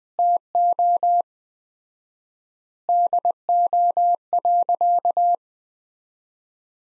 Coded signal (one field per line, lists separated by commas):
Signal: Morse code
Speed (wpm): 21 wpm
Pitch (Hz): 700 Hz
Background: none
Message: TO DO.